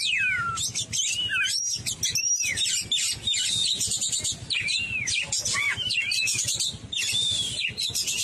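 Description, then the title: Oriental magpie-robin song, a dense, varied stream of clear whistles, slurred upward and downward notes and rapid twittering phrases running continuously. "Kacer"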